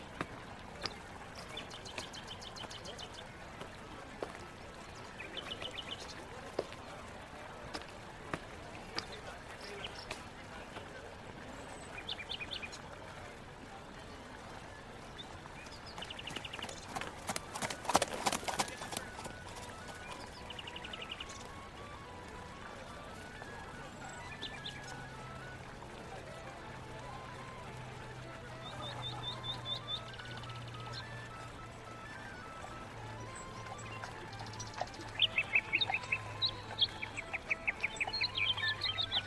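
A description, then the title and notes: Inside a moving carriage, a steady dense rumble runs throughout with scattered clicks and rattles, peaking in a sharp burst of clattering around 18 seconds. A low droning hum sets in after 24 seconds, and faint chirps and voices surface near the end. Medieval life ASMR Ambience. Carriage.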